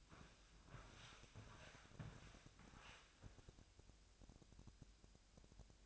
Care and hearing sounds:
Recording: daily activity, microphone in the room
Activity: walk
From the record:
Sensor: 2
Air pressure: 1000.3 hPa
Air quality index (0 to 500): 160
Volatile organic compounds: 3 ppm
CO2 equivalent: 1334 ppm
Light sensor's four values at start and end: 12/31/12/14 and 14/37/14/16

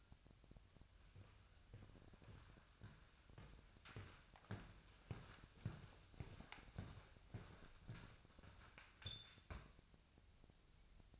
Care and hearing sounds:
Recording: daily activity, microphone in the room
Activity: walk to room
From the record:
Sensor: 2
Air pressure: 999.3 hPa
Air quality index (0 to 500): 193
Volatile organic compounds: 26 ppm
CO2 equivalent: 2852 ppm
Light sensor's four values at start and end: 7/17/7/7 and 7/16/6/7

